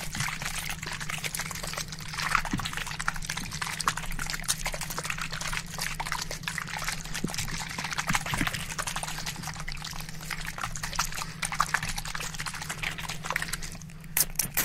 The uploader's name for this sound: Ultra Fast RAW Barbershop SPRAY Bottle Sounds